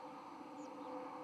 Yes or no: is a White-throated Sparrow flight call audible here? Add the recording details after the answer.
no. No flight call is heard. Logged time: 11:23 on 31 October 2014